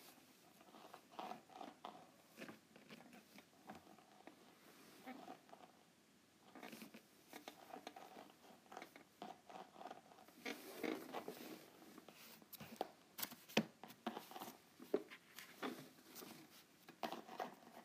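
Quiet handling of a grooved notepad: dense, irregular taps, scratches and rasping strokes, some crisp and bright. The sounds come in uneven flurries, growing busier and sharper from about seven seconds on, with clusters near eleven and fourteen seconds.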